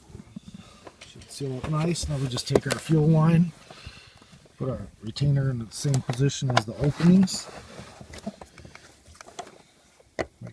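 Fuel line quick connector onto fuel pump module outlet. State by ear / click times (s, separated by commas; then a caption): seated / 10.2 s. Someone talks while a fuel line quick-connect fitting on a Chrysler 300M, its plastic retainer lined up with the openings, is pushed straight onto the metal nipple of the fuel pump module outlet. Light handling taps are heard before a loud, sharp click at 10.2 s as the connector latches and seats.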